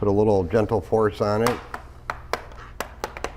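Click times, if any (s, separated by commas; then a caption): 2.1 s, 2.3 s, 2.8 s, 3.0 s, 3.2 s. Someone talks as a blue plastic triangle spudger is slipped into the seam of a laptop's plastic bottom case and pried with gentle force. The plastic snap clips holding the bottom case to the chassis pop and snap open one after another at about 2.1, 2.3, 2.8, 3.0, 3.2 and 3.2 seconds. The case is released, and the popping is okay.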